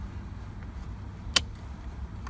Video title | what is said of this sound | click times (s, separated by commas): How To Remove / Replace Clock Spring Cable Reel + Steering Wheel & Airbag Honda Accord 2003-2007 | And you should hear a click, like always. | 1.4 s